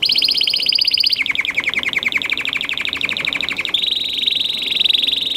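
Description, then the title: Domestic canary song: fast trilled phrases, a high trill dropping into a lower, broader rattling trill, then a steady high trill to the end. "Kenari Portugis"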